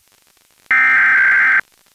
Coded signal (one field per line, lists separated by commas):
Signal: Emergency Alert System (SAME) tones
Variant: header bursts